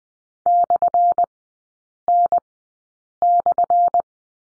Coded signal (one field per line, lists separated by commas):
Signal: Morse code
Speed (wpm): 20 wpm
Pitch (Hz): 700 Hz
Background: none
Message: /N/